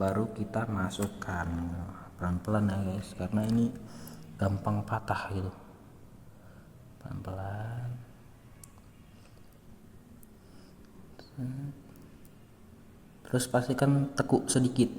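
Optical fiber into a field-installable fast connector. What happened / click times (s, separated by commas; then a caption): A part is slowly fed in with no locking click / none. A stripped optical fiber core is slowly fed by hand into a field-installable fast connector while its yellow lock is still down in the unlocked position, handled gently because the fiber breaks easily. Someone talks, then faint small ticks and rubbing are heard around 8.6 to 12.3 seconds as the fiber goes in, and nothing has seated or clicked yet.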